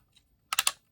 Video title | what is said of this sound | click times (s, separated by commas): Spin master Batman arial battle pack | and it kind of clicks into place as you can hear. | 0.5 s, 0.6 s, 0.7 s